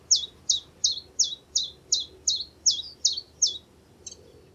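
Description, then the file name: Common chiffchaff singing ten evenly spaced, high, slurred notes in quick succession before falling silent, one faint note after a pause. "zilpzalp"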